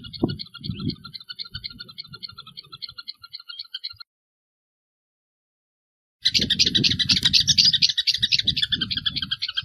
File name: Canto do anarilho do campo